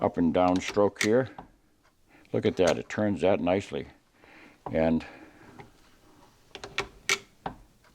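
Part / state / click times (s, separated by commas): shell plate into reloading press detent / seated / 6.8 s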